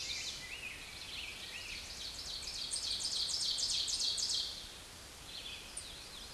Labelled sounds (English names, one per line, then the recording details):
Ovenbird song
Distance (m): 15 m
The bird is about 5 m above the microphone
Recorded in a Pennsylvania forest on 16 May 2024 at 07:15
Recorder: AudioMoth, point MSD-2287
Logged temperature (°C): 11.2 °C
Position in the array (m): 147 m, 5 m